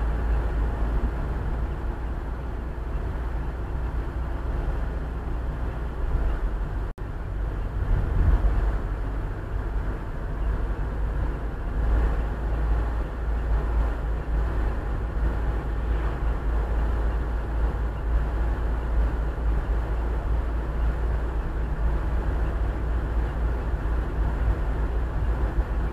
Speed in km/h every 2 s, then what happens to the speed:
33, 30, 29, 29, 29, 29, 32, 32, 32, 34, 33, 33, 34.
0-26 steady at about 32.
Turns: none.